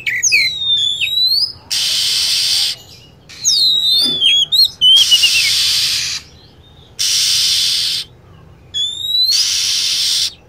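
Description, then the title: Lovebird chatter of high, twisting whistled notes and falling chirps, broken up by long bands of harsh hiss that return every couple of seconds. Lure recording used to attract lovebirds. "PIKAT BURUNG LOVEBIRD"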